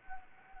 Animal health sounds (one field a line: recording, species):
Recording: mosquito wingbeat signal from an infrared sensor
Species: Anopheles gambiae